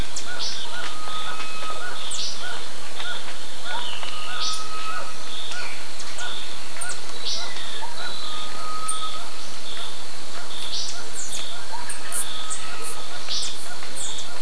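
Birds calling, with busy repeated chirps, a few level whistles and high sharp notes against constant background noise.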